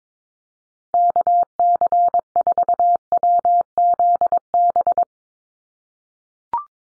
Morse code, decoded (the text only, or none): KC4WZB